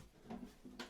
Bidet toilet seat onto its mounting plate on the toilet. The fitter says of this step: Push it back gently. Hear the click